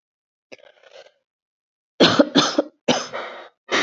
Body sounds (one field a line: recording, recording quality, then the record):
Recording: shallow voluntary cough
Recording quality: excellent, no background noise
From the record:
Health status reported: exposed to COVID-19, no respiratory illness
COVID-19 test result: not tested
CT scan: not taken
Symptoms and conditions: cough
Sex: female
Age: 41 years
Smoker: no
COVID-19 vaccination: both doses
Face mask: not worn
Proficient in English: yes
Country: India